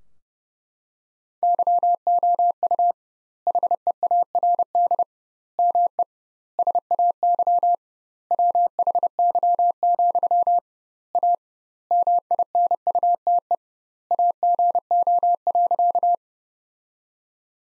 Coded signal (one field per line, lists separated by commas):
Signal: Morse code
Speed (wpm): 30 wpm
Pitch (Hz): 700 Hz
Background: none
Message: YOU HEARD ME SAY WHY, A MINUTE AGO.